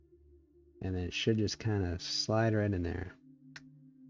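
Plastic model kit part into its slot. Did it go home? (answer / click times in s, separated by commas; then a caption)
yes / 3.6 s. Someone talks while a plastic part for an XXXG-01SR Gundam Sandrock model kit, oriented with its triangle facing downward, is slid into its slot. A short sharp click is heard at 3.6 s as the part seats in place.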